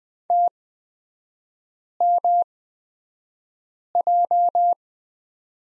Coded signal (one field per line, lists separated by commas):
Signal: Morse code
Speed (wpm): 20 wpm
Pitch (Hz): 700 Hz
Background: none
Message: TMJ